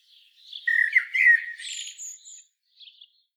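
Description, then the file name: Common blackbird song phrase: a fluted warble that wavers and dips, followed by a thin high squeaky twitter and a brief faint note. "Turdus merula"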